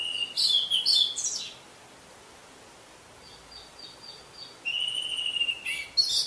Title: Anis Merah